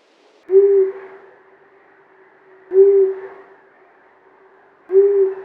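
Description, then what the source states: Long-eared owl hoots, a single low, soft note repeated a little over every two seconds, three hoots in all. Male voice.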